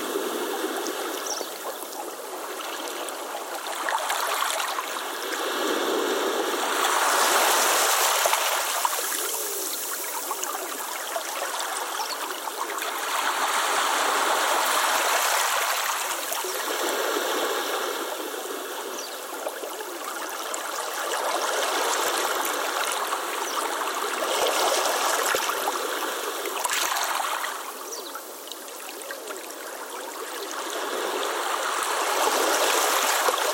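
Water washes gently over pebbles in a creek, a steady rushing trickle with no quiet gaps. The sound swells softly every few seconds, around 5, 8, 15, 25 and 33 seconds, with bright splashy detail riding over a fuller mid-range wash and almost no low rumble.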